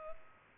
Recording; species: mosquito wingbeat signal from an infrared sensor; Culex pipiens